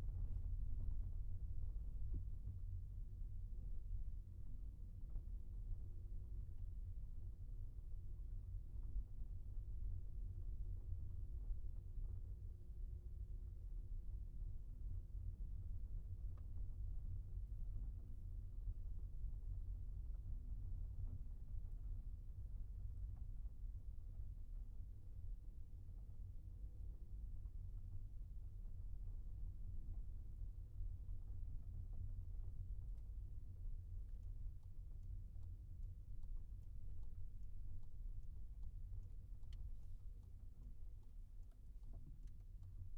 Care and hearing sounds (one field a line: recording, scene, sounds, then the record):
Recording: everyday scene through a hearing-aid microphone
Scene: in a vehicle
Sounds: engine, rumble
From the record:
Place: Skoda Fabia, gasoline engine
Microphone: behind the ear, right, front